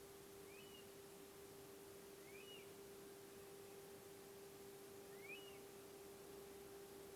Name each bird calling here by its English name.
Eurasian Stone-curlew